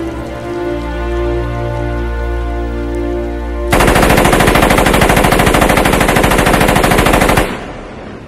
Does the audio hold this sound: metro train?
no